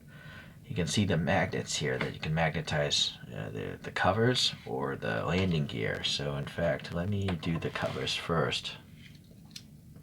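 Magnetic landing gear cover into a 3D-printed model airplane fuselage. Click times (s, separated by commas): 9.6 s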